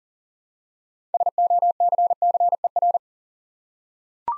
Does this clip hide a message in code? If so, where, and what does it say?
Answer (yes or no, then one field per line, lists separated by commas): yes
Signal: Morse code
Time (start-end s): 1.1-3.0 s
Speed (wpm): 38 wpm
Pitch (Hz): 700 Hz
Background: none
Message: SOCCER